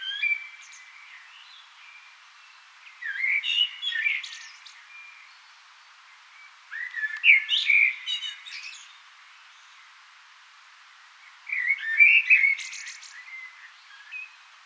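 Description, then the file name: Common blackbird song: three warbling phrases spaced about four seconds apart, each ending in a quick burst of thin, high twittering. "Turdus merula"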